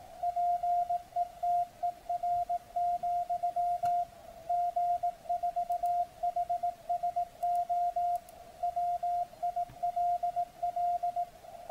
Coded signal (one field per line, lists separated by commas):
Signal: Morse code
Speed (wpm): 18 wpm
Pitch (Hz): 700 Hz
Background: radio noise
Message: PETER, G4HSO WILL